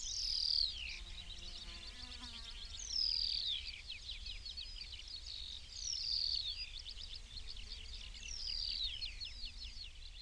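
New Zealand pipit calling: sharp, high descending notes, each with a short trailing chatter, repeated roughly every two and a half to three seconds over a steady low background hum.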